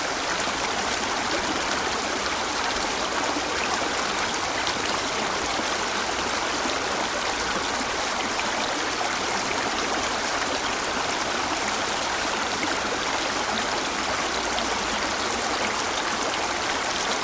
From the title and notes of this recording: Trickling Stream. The gentle flow of water as it meanders through rocks and over roots.